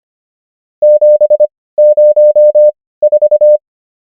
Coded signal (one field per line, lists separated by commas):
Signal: Morse code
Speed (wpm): 25 wpm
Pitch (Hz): 600 Hz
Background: none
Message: 704